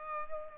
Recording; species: mosquito wingbeat signal from an infrared sensor; Culex pipiens